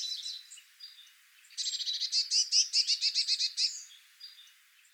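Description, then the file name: Eurasian blue tit churr: a fast series of many harsh buzzy notes lasting about two seconds, preceded by softer chips. "Cyanistes caeruleus"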